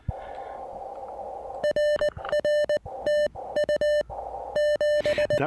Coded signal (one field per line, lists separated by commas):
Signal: Morse code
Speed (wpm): 20 wpm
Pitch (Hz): 1800 Hz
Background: none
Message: RR TU 7